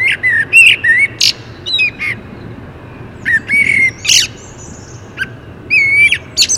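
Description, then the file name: Common blackbird song: short fluted whistled phrases, each trailing into squeaky high twittering, repeated several times with brief pauses over a steady low background hiss. "Turdus merula"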